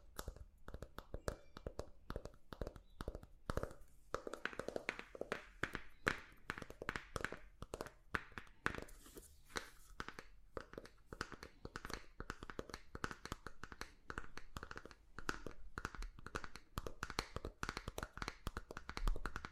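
Quick taps on different objects follow one another in dense, uneven runs for the whole stretch. Each tap is a short, sharp click with some low knock beneath, and the tone shifts from bright to duller around the middle as the surfaces change.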